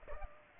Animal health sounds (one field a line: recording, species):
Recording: mosquito wingbeat signal from an infrared sensor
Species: Culex pipiens